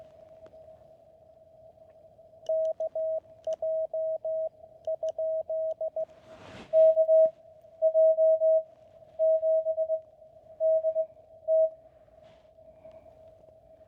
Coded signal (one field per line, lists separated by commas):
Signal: Morse code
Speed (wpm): 18 wpm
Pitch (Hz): 620 Hz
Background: none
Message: KJ? KJ7DT